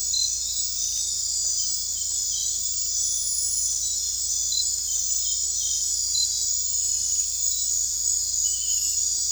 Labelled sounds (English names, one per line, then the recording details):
none
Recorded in dense forest near Puerto Asís, Putumayo, Colombia, on 16 December 2024 at 22:00
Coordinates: 0.466, -76.327
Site G075